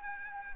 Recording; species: mosquito wingbeat signal from an infrared sensor; Aedes aegypti